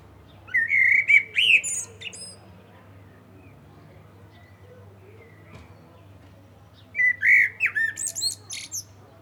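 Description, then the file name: Common blackbird song: two mellow warbled phrases with a scratchy high twittering ending, several seconds apart, against a faint low steady hum. "Turdus merula"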